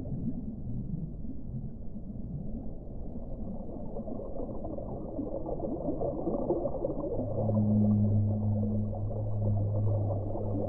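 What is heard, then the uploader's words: Whale song, low and muffled, over a dense crackling murmur that fills the first seven seconds. Near the seven-second mark a steady, deep moaning call begins, holding one low pitch with a fainter higher layer, briefly dipping before continuing to the end. Singing of whales.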